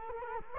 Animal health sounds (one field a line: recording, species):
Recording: mosquito wingbeat signal from an infrared sensor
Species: Culex quinquefasciatus